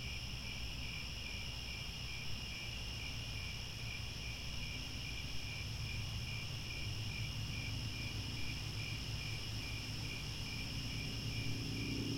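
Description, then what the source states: Cricket chorus of continuous high chirps in rapid, even pulses, layered trills at several pitches, with a faint low hum beneath throughout. Chorus of crickets at twilight, as the sun sets and stars come out.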